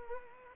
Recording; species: mosquito wingbeat signal from an infrared sensor; Culex pipiens